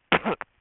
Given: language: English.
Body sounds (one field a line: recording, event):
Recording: throat vibration sensor signal played as sound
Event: cough